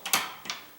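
After the strike plate is moved closer, a door deadbolt is thrown into the strike plate and extends fully with no wood in the way behind it. A light tick is followed by a sharp metallic click at 0.1 s, then a quieter double click around 0.5 s. The deadbolt clicks fully locked.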